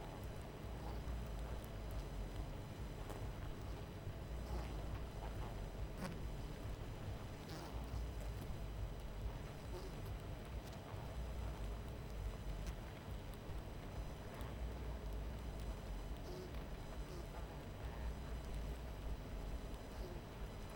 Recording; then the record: honeybee colony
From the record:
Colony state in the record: missing queen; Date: 14 July 2017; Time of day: 23:43